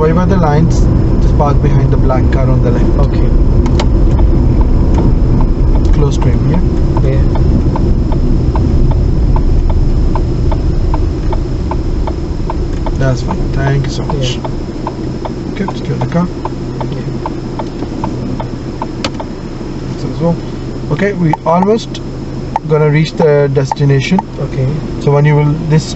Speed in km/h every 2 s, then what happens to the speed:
37, 32, 29, 23, 13, 8, 3, 0, 0, 0, 0, 0, 0.
0-13 slows to 0. 13-26 standing.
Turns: none.